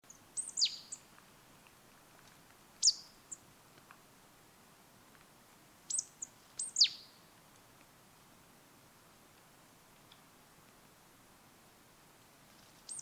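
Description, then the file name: Marsh tit giving high, sharp, downward-sweeping call notes, singly and in pairs, irregularly spaced over a quiet background. "Poecile palustris"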